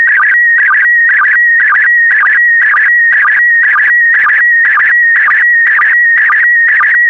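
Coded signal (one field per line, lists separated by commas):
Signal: SSTV (slow-scan television)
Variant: PD120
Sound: steady high whistle broken twice a second by warbling bursts and low sync blips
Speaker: get ready starting transmission in 5 4 3 2 1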